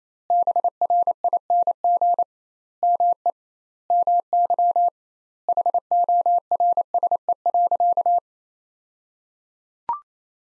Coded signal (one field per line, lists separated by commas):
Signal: Morse code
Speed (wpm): 28 wpm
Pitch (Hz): 700 Hz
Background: none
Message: BRING ME MY HORSE.